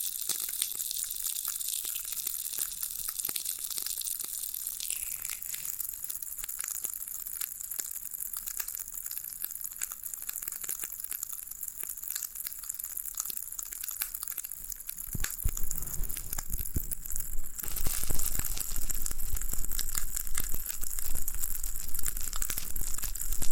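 Floral foam being pressed and broken, heard as a dense stream of tiny crackles and crunches with a bright, hissy edge. The crackling stays fairly light for the first fifteen seconds, then grows louder and coarser, with heavier crushing bursts through to the end.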